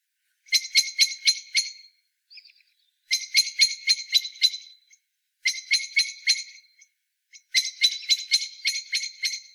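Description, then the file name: Common blackbird calling in four rattling bursts of clipped chak notes, separated by short pauses, with one faint thin note after the first burst. "Turdus merula"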